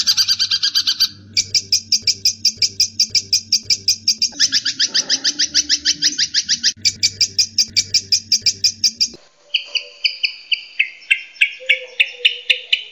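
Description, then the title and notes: Long-tailed shrike song shifting between bursts of rapid harsh chatter and, near the end, varied whistled and buzzy phrases at changing pitches. Training (masteran) recording for cage birds; long-tailed shrike song in the 'tembakan' rapid-fire style, variation 4. "Suara Burung Cendet Tembakan Variasi 4. Masteran Burung Cendet"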